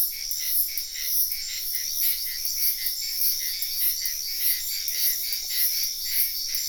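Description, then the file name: Insects chirping in a constant, shimmering high chorus that pulses rhythmically, with one faint frog trill near the end. Wetland at night in Sian Ka'an Biosphere Reserve, with frogs also heard. "felix blume nature ambience wetland night frogs insects bird heron type sian ka an biosphere reserve"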